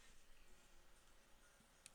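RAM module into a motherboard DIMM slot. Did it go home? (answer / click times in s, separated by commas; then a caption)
no / none. A second RAM module is handled over a motherboard DIMM slot, with low, steady background noise and a single brief tick at 1.9 s. Nothing has seated or clicked yet; the module is not yet home in the slot.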